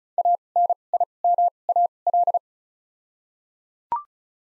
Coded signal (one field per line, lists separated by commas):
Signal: Morse code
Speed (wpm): 36 wpm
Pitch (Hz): 700 Hz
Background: none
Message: A N I M A L